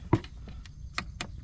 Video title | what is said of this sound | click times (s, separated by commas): Cadillac Escalade EXT - 6.0 LS AWD Fix It Cheap! | there it is you hear it clicked now | 1.2 s